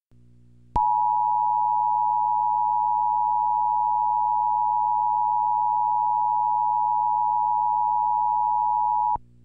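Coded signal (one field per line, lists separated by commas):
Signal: Emergency Alert System (SAME) tones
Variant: 853 and 960 Hz attention tone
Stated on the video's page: Re-created EAS Civil Emergency Message for Shelby, Tennessee.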